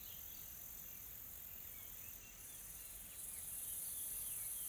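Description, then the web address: High, steady insect drone that dips briefly then grows a little louder, with faint chirps. Calm, soft insect ambience from a tropical forest in South Africa. "Smart Sound FX - Nature South Africa AMBIENCE Additional Tropical Forest Soft Insects Calm"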